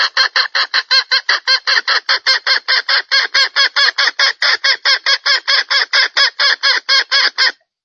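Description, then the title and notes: Junglefowl call: a steady rapid series of loud harsh clucking notes lasting throughout. Female junglefowl call used as a lure to attract males; said to draw dozens of males within two minutes. "Panggilan Ayam Hutan Betina. Cukup dua menit dengan suara ayam hutan betina bikin point puluhan pejantan. Pemikat Ayam Hutan"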